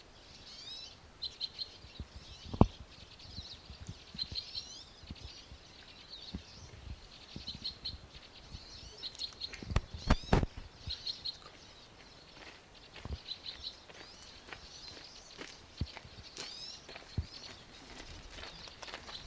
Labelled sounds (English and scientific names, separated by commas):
Two-barred Crossbill (Loxia leucoptera) call